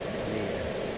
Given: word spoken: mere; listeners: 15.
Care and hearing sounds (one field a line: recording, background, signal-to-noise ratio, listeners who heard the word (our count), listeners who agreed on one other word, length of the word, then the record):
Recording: one English word in noise, from a listening test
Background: speech-shaped noise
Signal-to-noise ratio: -4.9 dB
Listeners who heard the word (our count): 1 of 15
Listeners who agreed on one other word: 9 of 15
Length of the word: 0.58 s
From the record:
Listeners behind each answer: 9, 1, 1, 1, 1, 1, 1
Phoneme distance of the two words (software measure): 10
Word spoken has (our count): 1 syllable, 3 phonemes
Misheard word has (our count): 1 syllable, 3 phonemes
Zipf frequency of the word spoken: 3.82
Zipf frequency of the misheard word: 5.08